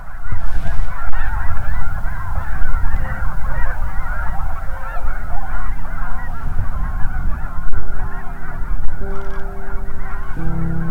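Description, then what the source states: Goose flock honking, a dense continuous chorus of short, overlapping nasal honks throughout, over a low rumble and steady humming tones. Large flock of white birds on the lake at Goose Lake, Saskatchewan, Canada, first mistaken for reflections; snow goose and Canada goose among animals encountered.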